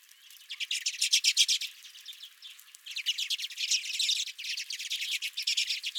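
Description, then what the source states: Redpolls giving fast, dry, rattling chatter calls in several bursts. Redpolls at the recordist's feeder.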